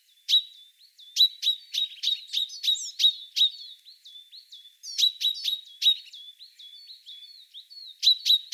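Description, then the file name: Common chaffinch giving sharp, bright call notes in a fast, uneven series, with brief thin whistles and chatter mixed among them. "Fringilla coelebs"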